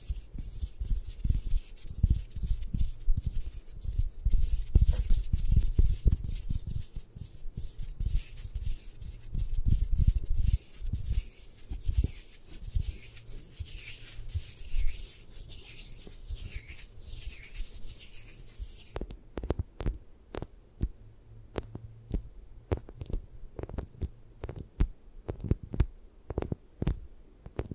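Scratching and tapping for a 3D eye massage, a dense run of rubbing, scraping strokes with soft low thumps for the first nineteen seconds. Then the hiss drops away and sharp, separate taps continue at a steady, quicker pace to the end.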